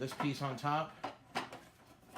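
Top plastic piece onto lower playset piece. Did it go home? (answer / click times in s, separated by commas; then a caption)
yes / 1.4 s. Two plastic pieces of a vintage toy castle playset are pressed together, with the top piece snapping into place on the lower piece at about 1.4 seconds. Someone talks at the start, and a second short sound comes near 2.2 seconds. The top piece is seated and the two pieces become one.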